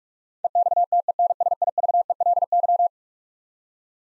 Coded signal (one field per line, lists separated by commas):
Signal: Morse code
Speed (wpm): 46 wpm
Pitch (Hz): 700 Hz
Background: none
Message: EXTENSIVELY